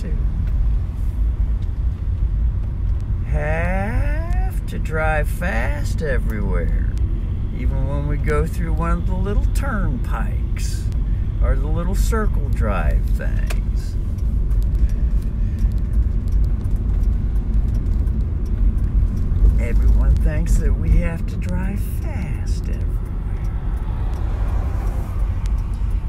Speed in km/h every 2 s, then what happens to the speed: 6, 18, 19, 19, 20, 20, 20, 21, 24, 24, 22, 19, 17.
0-19 speeds up to 24. 19-26 slows to 17.